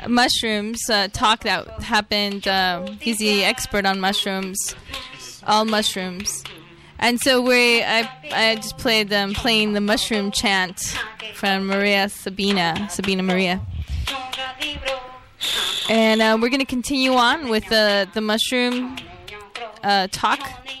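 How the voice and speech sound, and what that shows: One adult voice speaks clearly and fluently at a relaxed, conversational pace, with natural pitch movement and brief pauses between phrases. Articulation and voice quality are ordinary. This is normal speech from a radio host introducing the next segment of a talk.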